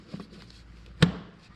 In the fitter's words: that's a click you want to hear when you close it, like that.